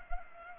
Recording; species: mosquito wingbeat signal from an infrared sensor; Culex pipiens